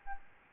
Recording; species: mosquito wingbeat signal from an infrared sensor; Aedes albopictus